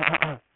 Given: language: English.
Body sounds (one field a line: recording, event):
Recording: throat vibration sensor signal played as sound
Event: throat clearing